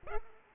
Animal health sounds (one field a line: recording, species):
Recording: mosquito wingbeat signal from an infrared sensor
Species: Culex pipiens